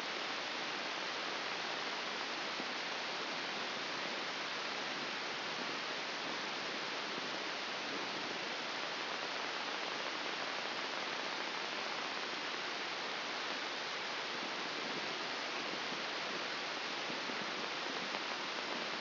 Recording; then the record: brain microelectrode recording played as sound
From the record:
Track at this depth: inside the subthalamic nucleus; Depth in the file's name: 0.601 mm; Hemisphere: left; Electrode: 2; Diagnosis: Parkinson's disease